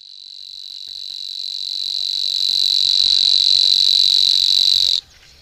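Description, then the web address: Savi's warbler reel, a high insect-like buzz that swells gradually in loudness, then stops abruptly near the end, leaving quiet. "agykontroll Madardalok Cd 3. Nádi tücsökmadár"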